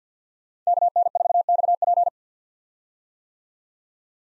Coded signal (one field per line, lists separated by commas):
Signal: Morse code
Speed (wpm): 46 wpm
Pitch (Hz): 700 Hz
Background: none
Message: KN4XP